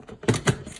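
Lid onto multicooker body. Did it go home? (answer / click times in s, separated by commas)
no / none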